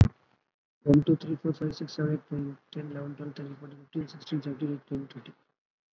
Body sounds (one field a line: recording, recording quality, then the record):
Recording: counting at a fast pace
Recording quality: excellent, no background noise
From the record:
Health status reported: COVID-19 positive, mild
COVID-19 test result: positive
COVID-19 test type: RT-PCR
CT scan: not taken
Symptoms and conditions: cough, cold, fatigue, muscle pain, diabetes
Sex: male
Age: 48 years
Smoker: no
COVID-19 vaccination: both doses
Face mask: worn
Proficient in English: yes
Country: India